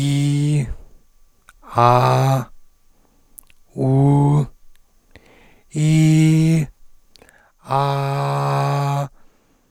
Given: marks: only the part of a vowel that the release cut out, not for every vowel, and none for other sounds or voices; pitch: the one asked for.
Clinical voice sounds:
sustained vowels; male; 20 to 29 years; 2; 2; 2
0.00-0.55 s: vowel /i/, normal pitch
5.87-6.54 s: vowel /i/, high pitch
7.89-8.95 s: vowel /a/, high pitch
From the record:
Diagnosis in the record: recurrent laryngeal nerve paralysis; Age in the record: 23 years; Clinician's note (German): Rec Par. in Intermediärstellung, keine strob. Restbeweglichkeit

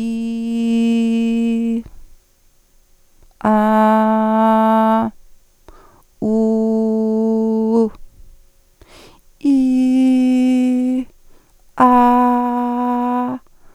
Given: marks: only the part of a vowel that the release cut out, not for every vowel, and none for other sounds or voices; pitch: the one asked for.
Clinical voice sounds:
sustained vowels; female; 40 to 49 years; 0; 0; 0
0.66-1.75 s: vowel /i/, low pitch
3.52-4.94 s: vowel /a/, low pitch
6.37-7.71 s: vowel /u/, low pitch
9.59-10.90 s: vowel /i/, high pitch
11.92-13.20 s: vowel /a/, high pitch
From the record:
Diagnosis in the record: dysphonia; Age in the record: 47 years

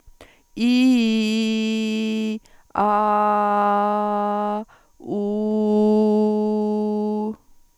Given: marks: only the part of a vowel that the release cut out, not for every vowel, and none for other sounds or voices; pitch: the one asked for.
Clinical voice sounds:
sustained vowels; female; 40 to 49 years; 0; 0; 0
0.74-2.20 s: vowel /i/, low-high-low pitch
2.94-4.42 s: vowel /a/, low-high-low pitch
5.28-7.11 s: vowel /u/, low-high-low pitch
From the record:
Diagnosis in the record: dysodia (singing voice disorder); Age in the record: 45 years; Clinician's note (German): Mit Tendenz zur Hyperfunktion

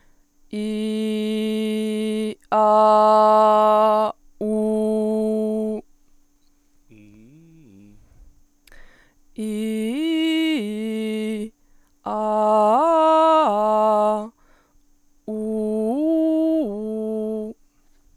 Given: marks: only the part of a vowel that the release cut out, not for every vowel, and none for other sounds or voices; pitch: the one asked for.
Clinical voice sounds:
sustained vowels; female; 20 to 29 years; 0; 0; 0
0.71-2.01 s: vowel /i/, low pitch
2.62-3.96 s: vowel /a/, low pitch
4.51-5.67 s: vowel /u/, low pitch
9.47-11.34 s: vowel /i/, low-high-low pitch
12.15-14.09 s: vowel /a/, low-high-low pitch
15.38-17.37 s: vowel /u/, low-high-low pitch
From the record:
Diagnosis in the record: healthy voice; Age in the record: 21 years

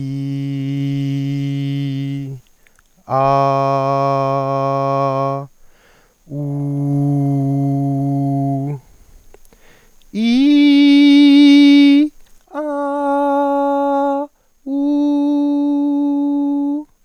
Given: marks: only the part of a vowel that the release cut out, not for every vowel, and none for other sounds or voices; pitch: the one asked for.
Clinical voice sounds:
sustained vowels; male; 20 to 29 years; 0; 0; 0
0.00-1.84 s: vowel /i/, normal pitch
3.34-5.14 s: vowel /a/, normal pitch
6.68-8.55 s: vowel /u/, normal pitch
10.49-11.93 s: vowel /i/, high pitch
12.78-14.03 s: vowel /a/, high pitch
15.05-16.53 s: vowel /u/, high pitch
From the record:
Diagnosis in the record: healthy voice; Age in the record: 20 years

